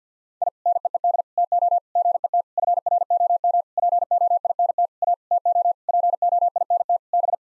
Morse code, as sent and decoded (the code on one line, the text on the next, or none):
.. / -. . . -.. / - --- / --. . - / ..-. .-. --- -- / .--. --- .. -. - / .- / - --- / .--. --- .. -. - / -...
I NEED TO GET FROM POINT A TO POINT B